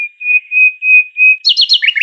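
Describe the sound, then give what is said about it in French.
Common nightingale song: four long, pure, steady whistled notes that swell and fade, then a quick run of bright, higher chirping phrases dropping in pitch at the end. “Et le rossignol philomèle, c'est ça.”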